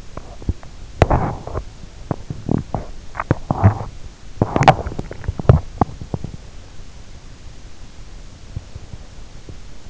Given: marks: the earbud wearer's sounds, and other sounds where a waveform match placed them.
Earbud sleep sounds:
sounds in sleep by an in-ear microphone; swallowing, teeth grinding
0.00-0.76 s: swallowing
1.50-6.46 s: teeth grinding
8.37-9.66 s: teeth grinding

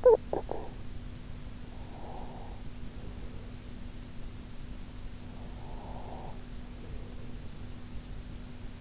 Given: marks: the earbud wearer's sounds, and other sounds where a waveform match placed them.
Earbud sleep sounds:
sounds in sleep by an in-ear microphone; talking in sleep, breath
0.00-0.72 s: talking in sleep
1.81-3.57 s: breath
5.47-7.56 s: breath

